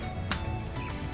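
An LED light module is pushed onto a wire connector embedded in the fabric of a curved LED backdrop, over a steady low background hum. A sharp, short click at 0.3 s shows the connector seating in place.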